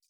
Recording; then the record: hydrophone in a shrimp aquaculture tank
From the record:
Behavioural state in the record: feeding